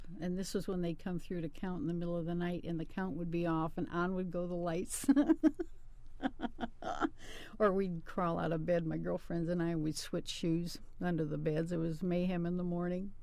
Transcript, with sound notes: And this was when they'd come through to count in the middle of the night and the count would be off and on would go the lights. [Laughs] Or we'd crawl out of bed, my girlfriends and I, and we'd switch shoes under the beds, it was mayhem in the morning.